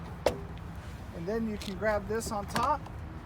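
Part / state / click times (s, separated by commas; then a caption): folding minivan seat latching into its floor storage bin / not seated / none. A folded second-row Stow 'n Go seat in a 2020 Chrysler Pacifica minivan is handled above its floor storage bin, not yet pushed home. A brief sharp knock sounds at about 0.3 s, then someone talks over quiet background noise. Nothing has seated or clicked yet.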